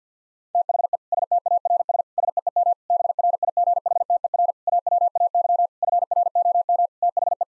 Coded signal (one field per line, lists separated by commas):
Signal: Morse code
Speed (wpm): 50 wpm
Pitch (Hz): 700 Hz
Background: none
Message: THE STARS SEEM BRIGHTER AWAY FROM THE